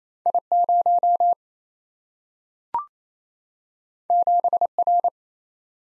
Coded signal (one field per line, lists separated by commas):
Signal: Morse code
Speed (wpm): 28 wpm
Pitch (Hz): 700 Hz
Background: none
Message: I0 7R